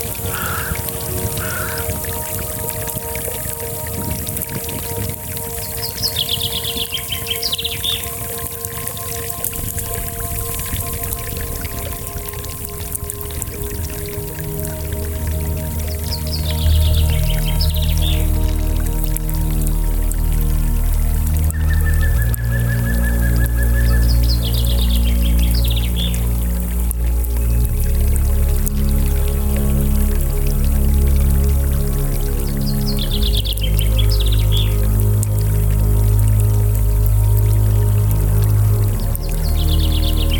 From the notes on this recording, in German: Es ist ein kleines Bächlein, ein Lagerfeuer und viele Vöglein (Buchfinken und Grünspecht konnte ich identifizieren) zu hören.